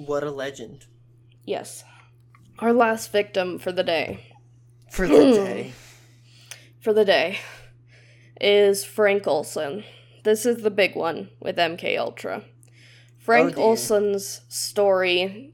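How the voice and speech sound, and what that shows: An adult woman narrates in a quiet room. She repeats phrases ('for the day… for the day') and stretches 'for' before a long silent pause, then restarts. These drawn-out sounds, stalls and restarts fit stuttering. Her stutter gives her the most trouble on S sounds.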